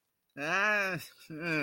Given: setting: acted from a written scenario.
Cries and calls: vocal sound without words; confusion

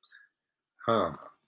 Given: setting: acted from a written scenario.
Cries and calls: vocal sound without words; neutral

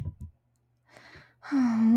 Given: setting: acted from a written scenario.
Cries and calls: vocal sound without words; shame

